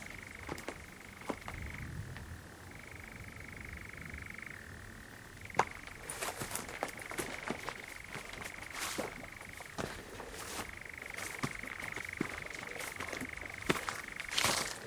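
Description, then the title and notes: European Nightjar giving a sustained churr that shifts pitch now and then, overlaid by scattered clicks and rustling sounds. Nocturnal bird churring on a warm June summer evening, on a hill in the Brecon Beacons, among honeysuckle and foxgloves. "Sound Escape 20: the mesmerising churring of a nightjar on a summer's night. BBC Countryfile Magazine. it's a warm June evening on a hill in the Brecon Beacons and the strange churring of a nocturnal bird called the nightjar"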